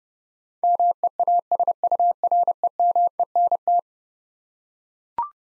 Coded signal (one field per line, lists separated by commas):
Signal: Morse code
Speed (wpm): 30 wpm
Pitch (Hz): 700 Hz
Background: none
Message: MEASUREMENT